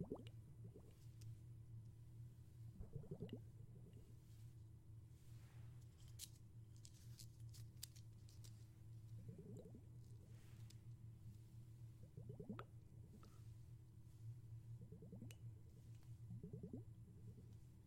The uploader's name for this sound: Water Globes and Underwater Sounds